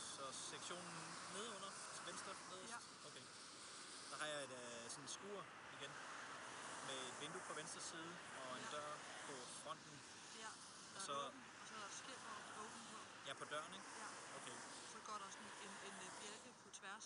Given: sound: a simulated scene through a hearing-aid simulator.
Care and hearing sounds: conversation; traffic; 0 dB SNR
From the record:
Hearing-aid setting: IV (slow-acting compression, loudness normalization); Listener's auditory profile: D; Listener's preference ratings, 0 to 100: 66, 64, 80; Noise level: 75 dB SPL

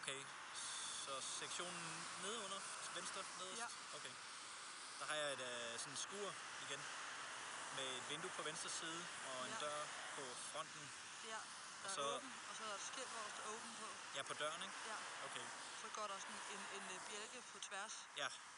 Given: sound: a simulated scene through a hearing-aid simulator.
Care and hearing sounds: conversation; traffic; +4 dB SNR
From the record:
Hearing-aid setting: I (fast-acting compression, audibility-based gain); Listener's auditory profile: C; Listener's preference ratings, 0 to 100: 26, 31, 52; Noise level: 75 dB SPL

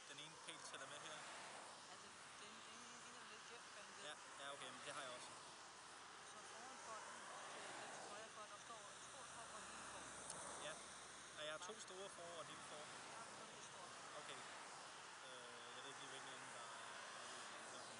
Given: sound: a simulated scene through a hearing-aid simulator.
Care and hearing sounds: conversation; traffic; -4 dB SNR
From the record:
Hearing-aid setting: I (fast-acting compression, audibility-based gain); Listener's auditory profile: A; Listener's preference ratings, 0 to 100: 11, 13, 2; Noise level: 75 dB SPL

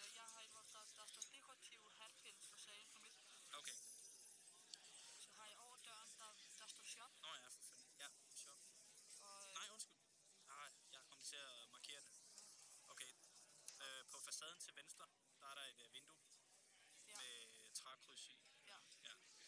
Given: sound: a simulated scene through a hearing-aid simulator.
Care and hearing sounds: conversation; cafeteria; +4 dB SNR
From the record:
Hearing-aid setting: III (slow-acting compression, loudness normalization, advanced features for about 2.5 dB of SNR improvement); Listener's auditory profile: C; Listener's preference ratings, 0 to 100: 69, 93, 92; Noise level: 65 dB SPL

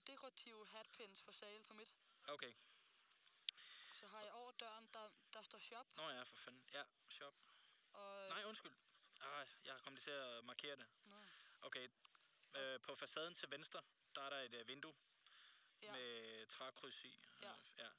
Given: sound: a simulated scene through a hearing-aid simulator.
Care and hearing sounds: conversation; quiet; 75 dB SPL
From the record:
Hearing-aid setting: II (fast-acting compression, audibility-based gain, advanced features for about 2.5 dB of SNR improvement); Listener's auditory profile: A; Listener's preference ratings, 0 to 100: 83, 79, 72

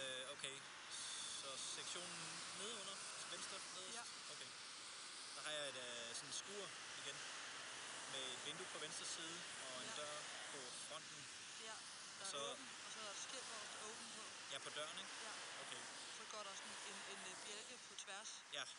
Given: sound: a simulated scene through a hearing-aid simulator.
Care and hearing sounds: conversation; traffic; 0 dB SNR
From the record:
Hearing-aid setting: I (fast-acting compression, audibility-based gain); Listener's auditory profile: B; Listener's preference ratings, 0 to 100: 83, 65, 65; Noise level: 75 dB SPL

